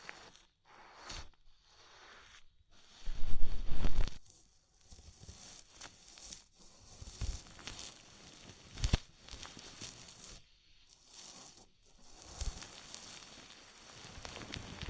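Ear massage with oil and foam: soft, wet crackling and rubbing that comes in bursts and pauses, bright and fizzy. The loudest stretch is a scrunching rush around three to four seconds, with sharp little pops near nine and twelve seconds.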